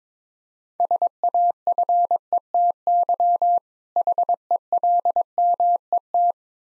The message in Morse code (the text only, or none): SAFETY HELMET